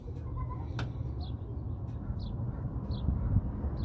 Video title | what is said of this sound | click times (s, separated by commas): Bmw N52 how to crimp terminals in engine wiring harness example A | and you can hear a click there then | 0.8 s